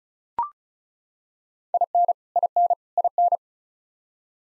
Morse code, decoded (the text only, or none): IN IN IN